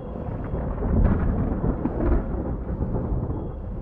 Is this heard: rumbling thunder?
yes